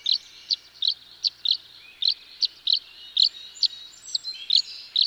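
Tree swallow calling with a steady series of sharp high chirps.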